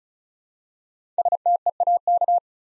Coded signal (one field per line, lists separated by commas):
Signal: Morse code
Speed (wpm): 36 wpm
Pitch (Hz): 700 Hz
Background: none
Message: STEAK